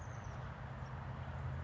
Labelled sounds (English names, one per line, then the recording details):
Oak Titmouse
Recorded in Sonoma County, California